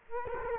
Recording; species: mosquito wingbeat signal from an infrared sensor; Culex quinquefasciatus